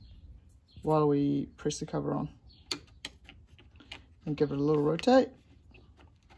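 Someone talks while a motor cover, held in position by a magnet, is pressed onto an e-bike drive unit and given a slight rotation, with sharp handling taps around 2.7 and 3.1 seconds and fainter light knocks after. Nothing has seated or clicked yet when the clip ends.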